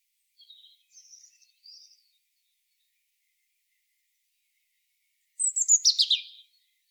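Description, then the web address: European robin song: quiet thin whistled notes at first, then after a silent gap a louder rapid cascade of descending high warbles. "SETE data Erithacus rubecula"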